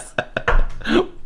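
Two sharp voiced catches, then a deeper burp-like gulp with a groan: very unusual-sounding hiccups in an adult man.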